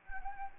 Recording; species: mosquito wingbeat signal from an infrared sensor; Anopheles gambiae